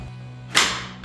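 A plastic chrome overlay for a 2020-2023 Tacoma TRD Sport upper grille is pressed onto the truck's upper grille, and a sharp clip snap is heard at 0.6 s. The clip seats into the upper grille.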